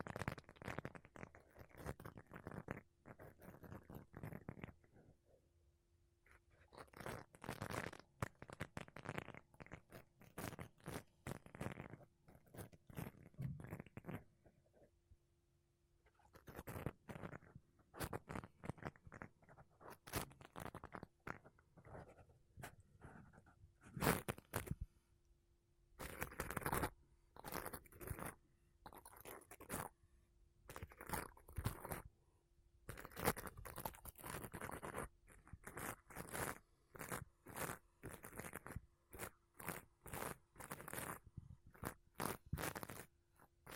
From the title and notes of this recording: ASMR Mic Brushing Using Makeup Brushes and Sponge (No Talking).